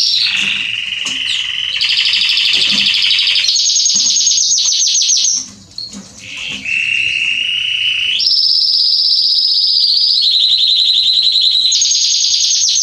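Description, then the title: Belgian canary delivering fast trilled phrases that shift pitch, a brief dip in volume midway, then long sustained high trills. Male Belgian canary singing a lot, meant to warm up and train young canaries. "Canary Training Esquente Seu Filhote E Canario Belga Macho Cantando Muito. CANTO DO CANRIO"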